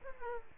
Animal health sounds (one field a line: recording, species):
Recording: mosquito wingbeat signal from an infrared sensor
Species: Aedes aegypti